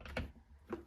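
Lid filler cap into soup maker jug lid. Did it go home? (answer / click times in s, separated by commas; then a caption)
yes / 0.2 s. The removable centre filler cap of a Ninja Foodi Blender and Soup Maker jug lid is twisted clockwise back into the lid, so the contents cannot rise to the top and overflow while blending. A sharp click at 0.2 s marks the cap seating, with fainter ticks around it and another at 0.7 s. The cap is fully secure.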